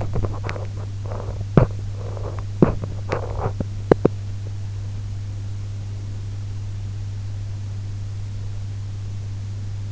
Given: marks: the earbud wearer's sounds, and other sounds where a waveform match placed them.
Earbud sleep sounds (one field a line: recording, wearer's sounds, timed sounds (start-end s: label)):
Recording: sounds in sleep by an in-ear microphone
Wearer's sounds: teeth grinding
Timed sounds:
0.00-4.32 s: teeth grinding